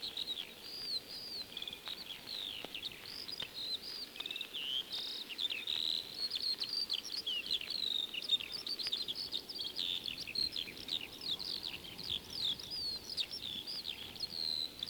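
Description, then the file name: Eurasian skylark singing an unbroken, fast, high-pitched warble of chirps and trills over soft hiss. Old 1937 disc recording of song. "skylark-song-disc-3-side-a-more-songs-of-wild-birds"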